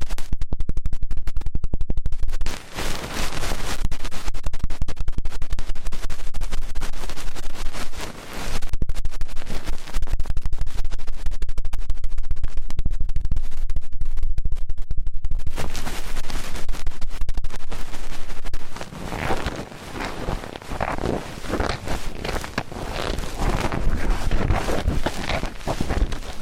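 Fast, intense ear cleaning: dense, loud scratching and rubbing sounds crowd together almost without a break for the first eighteen seconds, with brief dips near 3 and 8 seconds. After about 19 seconds it turns softer and more separated, with quicker crackly strokes.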